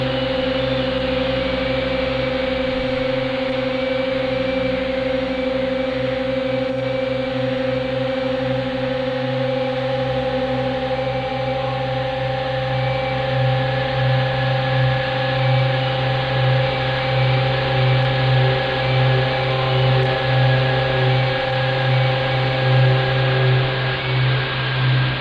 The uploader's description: Drone & frequencies